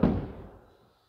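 A movable panel in the bed and tailgate system of a 2020 Chevrolet 2500 High Country Diesel pickup in Iridescent Pearl Tricoat is pushed until it drops home with a single heavy knock at 0.0 s. The low, thudding impact rings out and decays over about a second, and the panel is seated in place.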